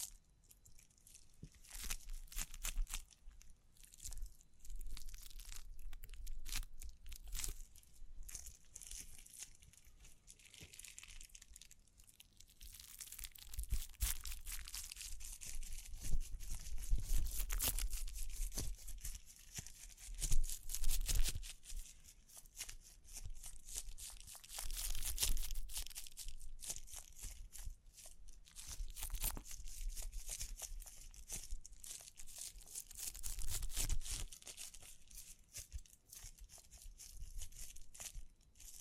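Tapping, scratching, brushing and crinkles come in dense, irregular bursts of bright crackle with soft thuds, quieting briefly around ten and thirty seconds.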